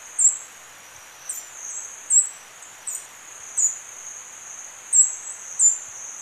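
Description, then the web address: Wedge-billed Hummingbird giving sharp, very high chips at uneven intervals over a constant high insect drone. Recorded in Ecuador. "Birds of Ecuador. Wedge-billed Hummingbird"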